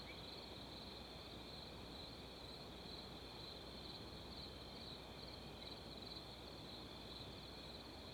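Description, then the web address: Crickets trilling in a steady, unbroken high-pitched chorus over a low, constant rush of wind. Outdoor ambience of crickets together with wind. "Adobe CC. Ambience Wind With Crickets"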